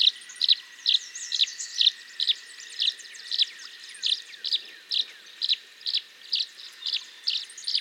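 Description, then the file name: Tree swallow giving a long run of sharp high chirps, roughly two each second, over soft background twittering. "Tachycineta bicolor - Tree Swallow"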